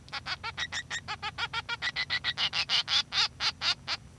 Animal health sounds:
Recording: song of a male Bengalese finch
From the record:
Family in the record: son of father 3

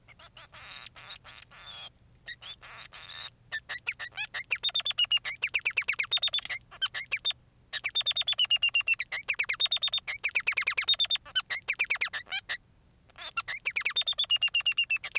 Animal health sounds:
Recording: song of a male Bengalese finch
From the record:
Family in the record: son of father 3

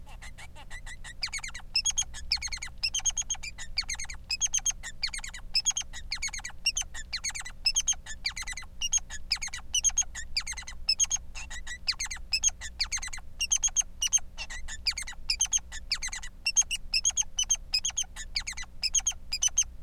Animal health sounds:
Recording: song of a male Bengalese finch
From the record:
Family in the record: son of father 3

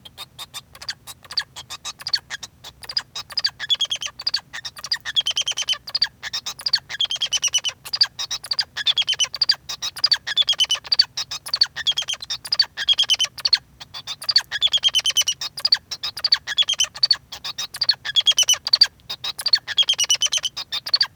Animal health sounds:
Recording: song of a male Bengalese finch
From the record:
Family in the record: son of father 2

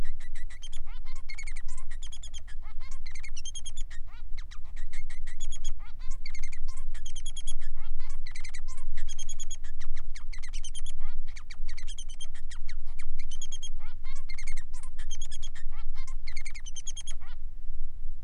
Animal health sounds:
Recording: song of a male Bengalese finch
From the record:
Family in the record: son of father 3

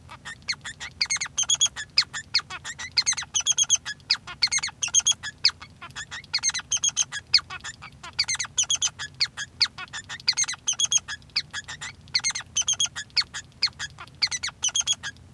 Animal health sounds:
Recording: song of a male Bengalese finch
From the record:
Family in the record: son of father 3

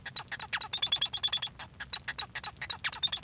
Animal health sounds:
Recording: song of a male Bengalese finch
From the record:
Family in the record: son of father 1

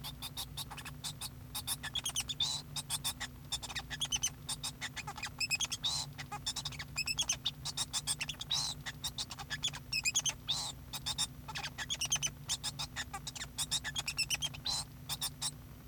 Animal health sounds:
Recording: song of a male Bengalese finch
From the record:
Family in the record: son of father 2

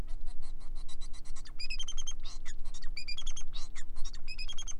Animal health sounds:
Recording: song of a male Bengalese finch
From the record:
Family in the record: son of father 4

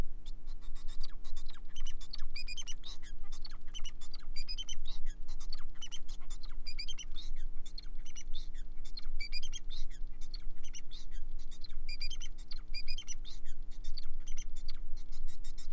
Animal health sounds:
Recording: song of a male Bengalese finch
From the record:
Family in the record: son of father 4

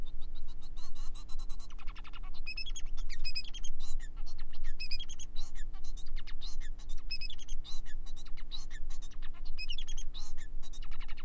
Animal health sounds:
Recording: song of a male Bengalese finch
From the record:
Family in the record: son of father 4

